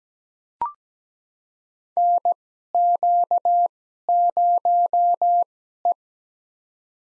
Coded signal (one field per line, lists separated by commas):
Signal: Morse code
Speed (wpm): 17 wpm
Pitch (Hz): 700 Hz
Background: none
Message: NQ0E